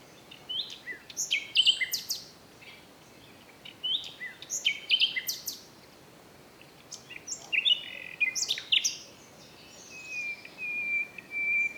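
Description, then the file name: Common nightingale singing in scattered bursts of varied chirps, clicks and sharp rising notes, with a thin sustained whistle near the end; the song is fairly faint overall. "Luscinia megarhynchos"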